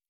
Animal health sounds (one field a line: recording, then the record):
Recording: hydrophone in a shrimp aquaculture tank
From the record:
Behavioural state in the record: normal